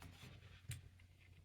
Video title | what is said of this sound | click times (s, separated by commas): 3.5 Inch Drives...with EliteDesk/ProDesk Mini | A fairly nice click. There we go. | 0.7 s